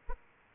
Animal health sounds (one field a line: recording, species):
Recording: mosquito wingbeat signal from an infrared sensor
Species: Aedes aegypti